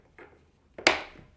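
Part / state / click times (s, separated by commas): side brush onto robot vacuum brush hub / seated / 0.9 s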